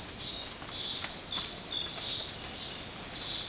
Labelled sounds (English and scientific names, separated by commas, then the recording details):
none
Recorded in dense forest near Puerto Asís, Putumayo, Colombia, on 19 March 2025 at 06:00
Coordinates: 0.500, -76.322
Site GP06